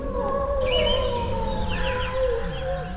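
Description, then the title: Grey wolf howling, long drawn-out wavering tones. "Pas si betes. Le loup gris"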